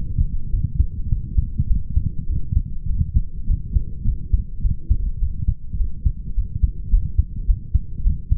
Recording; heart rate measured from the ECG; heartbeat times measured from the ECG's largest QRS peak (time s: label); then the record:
heart sounds by stethoscope; 104 bpm
0.51 s: heartbeat
1.10 s: heartbeat
1.68 s: heartbeat
2.28 s: heartbeat
2.88 s: heartbeat
3.48 s: heartbeat
4.06 s: heartbeat
4.62 s: heartbeat
5.20 s: heartbeat
5.78 s: heartbeat
6.35 s: heartbeat
6.91 s: heartbeat
7.47 s: heartbeat
8.04 s: heartbeat
From the record:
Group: healthy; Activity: light exercise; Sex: male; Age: 22 years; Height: 181 cm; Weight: 60 kg